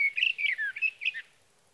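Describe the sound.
Sage thrasher giving a short warbled song phrase of quick, slurred notes.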